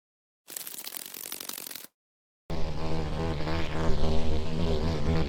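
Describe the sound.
Common cockchafer buzzing: a short stretch of dry rustling, a brief silence, then a deep, steady droning hum with strong overtones to the end.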